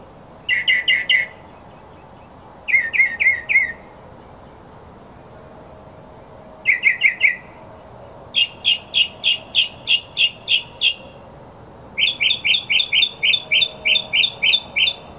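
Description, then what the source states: Mockingbird song: short bursts of rapid chirps alternating with pauses, then longer series of evenly repeated harsh notes, each phrase type repeated several times. Recording used as a master song for training other birds.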